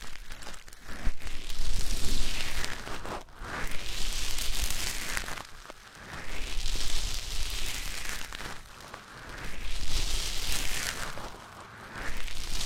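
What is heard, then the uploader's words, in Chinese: Ear massage: rough rubbing and crackling swells in slow waves every two to three seconds, brightening and fading with each pass. 超爽耳朵按摩 助眠哄睡(无人声)。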